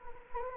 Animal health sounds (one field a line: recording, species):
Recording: mosquito wingbeat signal from an infrared sensor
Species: Anopheles gambiae